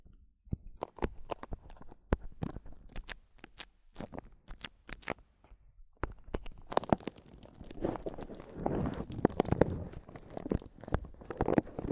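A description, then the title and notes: A microphone is tapped and scratched. The first half holds sharp, irregular taps with quiet gaps between them; after about six seconds the handling turns to dense, crunchy scratching and rubbing, near-continuous and fuller in the low middle, with louder knocks mixed in. ASMR Mic Tapping and Scratching (No Talking).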